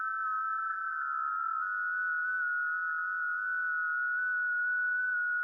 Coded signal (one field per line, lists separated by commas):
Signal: FT8